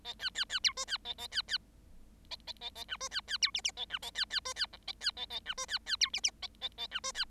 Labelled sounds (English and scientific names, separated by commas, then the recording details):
Bengalese Finch (Lonchura striata domestica) song
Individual Bird7